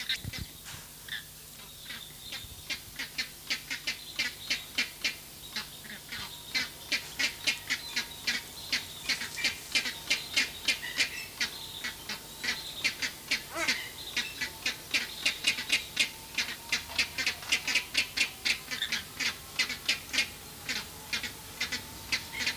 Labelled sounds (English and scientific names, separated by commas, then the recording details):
James's Flamingo (Phoenicoparrus jamesi) call
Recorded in captivity
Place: Zoo Berlin, Berlin, DE
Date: 2003-09-16 16:55
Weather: heiter, 25°C
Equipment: Fair Mate ST-1328 (Asahi Electronics, Japan), Sennheiser ME 80, Kopie Uher 4000 Report Monitor
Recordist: Tembrock, Günter
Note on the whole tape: Diverse Laute (Entfernung ca. 5 m). Starkes Grundrauschen